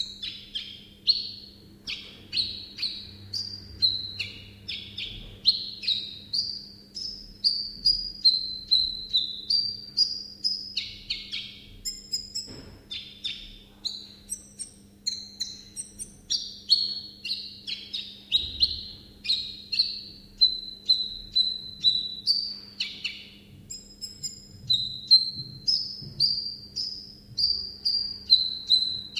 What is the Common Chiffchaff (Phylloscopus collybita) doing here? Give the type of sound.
song